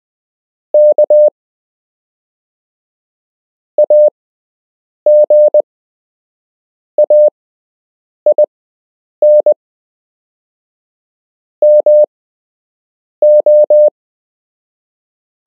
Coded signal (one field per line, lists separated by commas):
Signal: Morse code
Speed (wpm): 20 wpm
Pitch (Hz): 600 Hz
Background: none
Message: K AGAIN MO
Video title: You can learn Morse code - Part 3